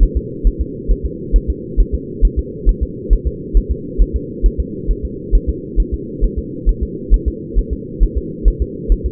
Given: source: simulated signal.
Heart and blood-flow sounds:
fetal heart sounds
0.03 s: S1
0.17 s: S2
0.47 s: S1
0.61 s: S2
0.91 s: S1
1.06 s: S2
1.36 s: S1
1.50 s: S2
1.80 s: S1
1.94 s: S2
2.25 s: S1
2.39 s: S2
2.69 s: S1
2.83 s: S2
3.13 s: S1
3.27 s: S2
3.57 s: S1
3.72 s: S2
4.02 s: S1
4.16 s: S2
4.46 s: S1
4.60 s: S2
4.91 s: S1
5.05 s: S2
5.35 s: S1
5.49 s: S2
5.80 s: S1
5.94 s: S2
6.24 s: S1
6.39 s: S2
6.69 s: S1
6.83 s: S2
7.14 s: S1
7.28 s: S2
7.59 s: S1
7.73 s: S2
8.03 s: S1
8.17 s: S2
8.48 s: S1
8.62 s: S2
8.92 s: S1
9.06 s: S2
From the record:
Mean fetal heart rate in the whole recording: 135 bpm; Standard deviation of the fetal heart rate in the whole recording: 3 bpm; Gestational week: 36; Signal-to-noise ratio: -4.1 dB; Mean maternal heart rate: no maternal heart sound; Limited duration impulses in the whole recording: absent

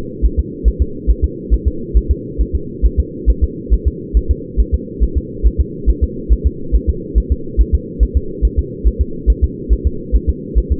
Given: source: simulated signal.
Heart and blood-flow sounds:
fetal heart sounds
0.25 s: S1
0.39 s: S2
0.68 s: S1
0.82 s: S2
1.10 s: S1
1.24 s: S2
1.54 s: S1
1.68 s: S2
1.97 s: S1
2.11 s: S2
2.41 s: S1
2.55 s: S2
2.86 s: S1
3.00 s: S2
3.30 s: S1
3.44 s: S2
3.73 s: S1
3.88 s: S2
4.17 s: S1
4.31 s: S2
4.60 s: S1
4.74 s: S2
5.03 s: S1
5.17 s: S2
5.47 s: S1
5.61 s: S2
5.90 s: S1
6.04 s: S2
6.33 s: S1
6.47 s: S2
6.76 s: S1
6.90 s: S2
7.18 s: S1
7.32 s: S2
7.61 s: S1
7.75 s: S2
8.03 s: S1
8.17 s: S2
8.45 s: S1
8.59 s: S2
8.87 s: S1
9.01 s: S2
9.30 s: S1
9.44 s: S2
9.73 s: S1
9.87 s: S2
10.16 s: S1
10.30 s: S2
10.58 s: S1
10.72 s: S2
From the record:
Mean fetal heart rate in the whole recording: 140 bpm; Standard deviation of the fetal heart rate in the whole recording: 2 bpm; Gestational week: 34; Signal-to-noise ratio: -4.3 dB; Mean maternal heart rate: 72 bpm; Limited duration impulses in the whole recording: absent

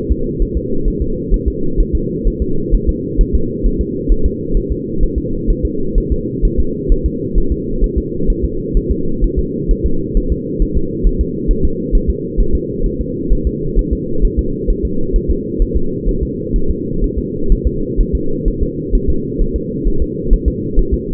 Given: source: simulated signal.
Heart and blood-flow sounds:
fetal heart sounds
0.12 s: S2
0.42 s: S1
0.57 s: S2
0.88 s: S1
1.02 s: S2
1.34 s: S1
1.48 s: S2
1.80 s: S1
1.95 s: S2
2.28 s: S1
2.42 s: S2
2.75 s: S1
2.89 s: S2
3.21 s: S1
3.35 s: S2
3.67 s: S1
3.81 s: S2
4.12 s: S1
4.26 s: S2
4.57 s: S1
4.72 s: S2
5.03 s: S1
5.18 s: S2
5.50 s: S1
5.65 s: S2
5.98 s: S1
6.12 s: S2
6.45 s: S1
6.60 s: S2
6.92 s: S1
7.06 s: S2
7.38 s: S1
7.52 s: S2
7.84 s: S1
7.98 s: S2
8.30 s: S1
8.44 s: S2
8.77 s: S1
8.91 s: S2
9.24 s: S1
9.39 s: S2
9.71 s: S1
9.86 s: S2
10.17 s: S1
10.32 s: S2
10.62 s: S1
10.77 s: S2
11.07 s: S1
11.21 s: S2
11.51 s: S1
11.65 s: S2
11.95 s: S1
12.10 s: S2
12.40 s: S1
12.55 s: S2
12.86 s: S1
13.01 s: S2
13.33 s: S1
13.47 s: S2
13.79 s: S1
13.93 s: S2
14.25 s: S1
14.39 s: S2
14.70 s: S1
14.85 s: S2
15.16 s: S1
15.31 s: S2
15.62 s: S1
15.77 s: S2
16.09 s: S1
16.23 s: S2
16.56 s: S1
16.70 s: S2
17.04 s: S1
17.18 s: S2
17.52 s: S1
17.67 s: S2
18.01 s: S1
18.15 s: S2
18.48 s: S1
18.63 s: S2
18.95 s: S1
19.10 s: S2
19.42 s: S1
19.56 s: S2
19.88 s: S1
20.02 s: S2
20.33 s: S1
20.48 s: S2
20.79 s: S1
20.94 s: S2
From the record:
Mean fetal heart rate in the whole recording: 130 bpm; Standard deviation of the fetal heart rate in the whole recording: 4 bpm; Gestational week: 38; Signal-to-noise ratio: -8.1 dB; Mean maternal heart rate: 72 bpm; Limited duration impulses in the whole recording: absent

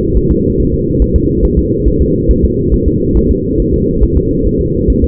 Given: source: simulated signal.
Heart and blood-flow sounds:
fetal heart sounds
0.17 s: S1
0.31 s: S2
0.60 s: S1
0.74 s: S2
1.02 s: S1
1.16 s: S2
1.45 s: S1
1.59 s: S2
1.88 s: S1
2.01 s: S2
2.31 s: S1
2.44 s: S2
2.74 s: S1
2.88 s: S2
3.17 s: S1
3.31 s: S2
3.60 s: S1
3.74 s: S2
4.03 s: S1
4.17 s: S2
4.47 s: S1
4.61 s: S2
4.90 s: S1
5.04 s: S2
From the record:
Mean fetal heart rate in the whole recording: 140 bpm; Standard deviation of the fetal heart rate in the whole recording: 2 bpm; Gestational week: 34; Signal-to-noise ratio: -14.7 dB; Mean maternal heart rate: 72 bpm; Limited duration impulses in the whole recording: present

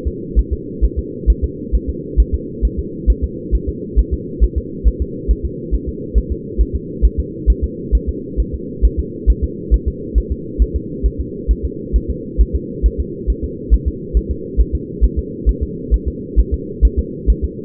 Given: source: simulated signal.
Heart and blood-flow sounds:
fetal heart sounds
0.07 s: S2
0.39 s: S1
0.53 s: S2
0.85 s: S1
0.99 s: S2
1.30 s: S1
1.44 s: S2
1.75 s: S1
1.90 s: S2
2.20 s: S1
2.35 s: S2
2.65 s: S1
2.79 s: S2
3.10 s: S1
3.24 s: S2
3.55 s: S1
3.69 s: S2
3.99 s: S1
4.13 s: S2
4.44 s: S1
4.58 s: S2
4.88 s: S1
5.02 s: S2
5.31 s: S1
5.45 s: S2
5.74 s: S1
5.89 s: S2
6.18 s: S1
6.32 s: S2
6.61 s: S1
6.75 s: S2
7.05 s: S1
7.19 s: S2
7.50 s: S1
7.64 s: S2
7.95 s: S1
8.09 s: S2
8.40 s: S1
8.55 s: S2
8.85 s: S1
9.00 s: S2
9.30 s: S1
9.44 s: S2
9.74 s: S1
9.88 s: S2
10.18 s: S1
10.32 s: S2
10.62 s: S1
10.76 s: S2
11.06 s: S1
11.20 s: S2
11.51 s: S1
11.65 s: S2
11.96 s: S1
12.10 s: S2
12.41 s: S1
12.56 s: S2
12.86 s: S1
13.00 s: S2
13.30 s: S1
13.44 s: S2
13.74 s: S1
13.88 s: S2
14.17 s: S1
14.31 s: S2
14.60 s: S1
14.75 s: S2
15.04 s: S1
15.19 s: S2
15.49 s: S1
15.63 s: S2
15.94 s: S1
16.08 s: S2
16.39 s: S1
16.54 s: S2
16.85 s: S1
16.99 s: S2
17.30 s: S1
17.44 s: S2
From the record:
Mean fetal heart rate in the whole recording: 135 bpm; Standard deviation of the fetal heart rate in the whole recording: 3 bpm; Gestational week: 34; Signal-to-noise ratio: -4.1 dB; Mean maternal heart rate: no maternal heart sound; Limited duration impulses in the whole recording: absent

